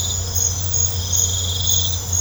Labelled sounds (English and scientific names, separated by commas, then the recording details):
none
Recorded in pastures near Puerto Asís, Putumayo, Colombia, on 21 December 2024 at 21:00
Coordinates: 0.502, -76.324
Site G077